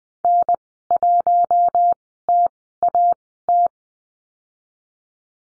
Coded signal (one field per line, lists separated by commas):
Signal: Morse code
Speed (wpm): 20 wpm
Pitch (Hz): 700 Hz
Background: none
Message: N1TAT